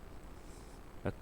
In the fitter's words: click, like that. Once you hear one click, you should not turn it anymore to